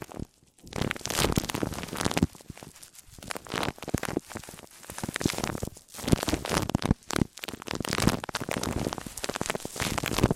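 Microphone-on-microphone triggers: dense scratchy rubbing and crackling handling sounds fill the clip, bright and full from low rumble up to hiss. The scraping comes in uneven bursts with brief near-silent gaps around the start, near six seconds, and just after seven.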